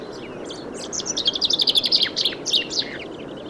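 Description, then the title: Common Chaffinch song: a fast series of bright, high chirping notes lasting about two seconds. Late March last spring on Utö; flock of over 30 chaffinches, mostly males, at a feeding site on a foggy morning; song not yet fully clean. "Viikon luontoääni: Peippo"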